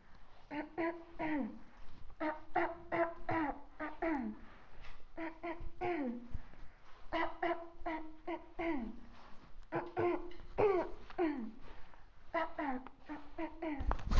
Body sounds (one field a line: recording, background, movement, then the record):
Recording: throat clearing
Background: quiet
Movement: walking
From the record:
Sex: female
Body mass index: 18.8 kg/m2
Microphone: on the chest, facing outward